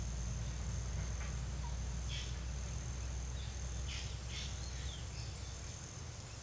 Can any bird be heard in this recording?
yes